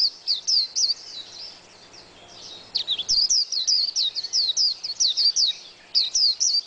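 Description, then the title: White-eye twittering song, fast high sweeping notes, a lull early on, then a renewed burst of chirps. "Pleci. Burung"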